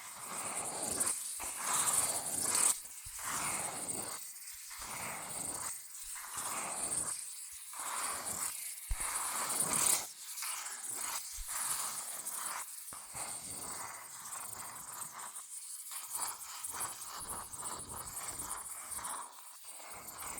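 Fast scratching and tracing on cardboard and paper, a dense stream of dry, bright rustles broken by short gaps and tapping strokes every half second or so. The rough scraping stays busy and fairly even throughout, with a few louder strokes around three and ten seconds.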